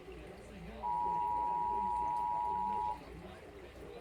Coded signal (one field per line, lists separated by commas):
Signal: Emergency Alert System (SAME) tones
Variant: 853 and 960 Hz attention tone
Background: speech